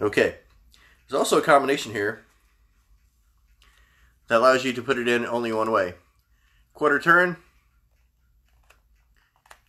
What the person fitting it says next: you can kind of feel it clicking and it's in